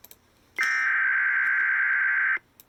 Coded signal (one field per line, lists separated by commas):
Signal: Emergency Alert System (SAME) tones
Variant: header bursts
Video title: EAS 1686 SVA #98 ONCE AGAIN